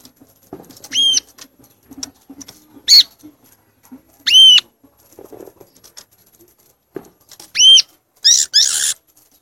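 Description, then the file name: Violaceous euphonia calls: arched, high whistled notes a few seconds apart, with harsher buzzy bursts, including one at the end, and faint low rustling between them. "canto do gaturamo verdadeiro"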